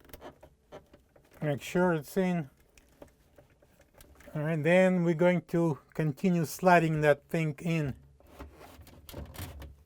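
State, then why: Not seated. A Whirlpool WPW10309868 refrigerator ice auger motor assembly, which fits KitchenAid and Maytag, is slid by hand along the plastic ice dispenser housing into position, with short rubbing and wood-like knocks while someone talks. The motor has not yet been pushed home, and nothing has clicked or locked yet.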